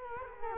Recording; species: mosquito wingbeat signal from an infrared sensor; Culex quinquefasciatus